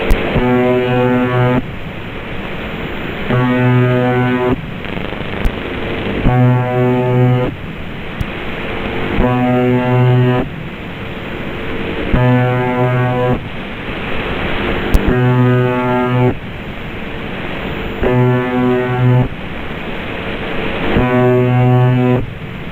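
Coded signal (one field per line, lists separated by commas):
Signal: channel marker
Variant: UVB-76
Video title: Sound of UVB-76 The Buzzer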